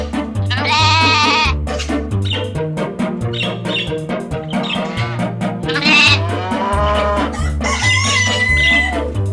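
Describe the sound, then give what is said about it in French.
Farm animal calls, including cows, a crowing-like cry and bleats, rise in several loud bursts over a steady, rhythmic low musical backing, with no talking. “Au revoir les vaches, à bientôt.”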